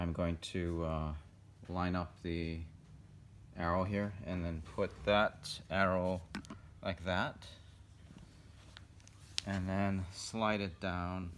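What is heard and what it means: Someone talks while lining up the arrow on the removable battery pack with the arrow on the handle of a Hyperice Hypervolt percussion massage gun, ready to slide it down. Only small contact and handling sounds are heard, around 8.2 to 9.1 seconds. The battery has not seated or clicked in yet.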